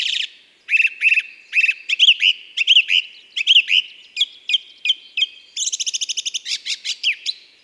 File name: Grive musicienne ABC des chants doiseaux